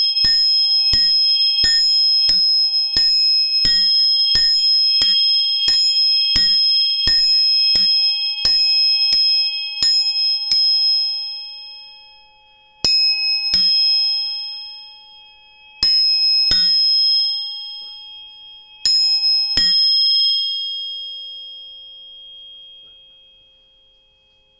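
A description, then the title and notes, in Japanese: Metal tuning forks are struck in a quick, regular series, about one tap every half second, for the first eleven seconds. Several clear, bright tones hold and ring on together. Later, pairs of strikes come at wider gaps, and the ringing fades slowly to near silence. 音叉チューニング3本。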